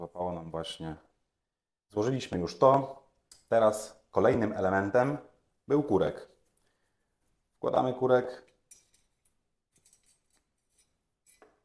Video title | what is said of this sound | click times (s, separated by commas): #12 Anatomia Broni Palnej - Legendarny polski pistolet Vis wz. 35. Składanie i rozkładanie. | breaker didn't catch. Well, the catch. | none